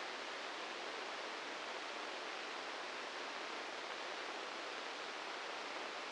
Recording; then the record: brain microelectrode recording played as sound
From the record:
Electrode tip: inside the subthalamic nucleus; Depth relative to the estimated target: 0 mm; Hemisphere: right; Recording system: NeuroSet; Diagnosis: Parkinson's disease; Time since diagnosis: 13 years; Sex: male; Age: 66 years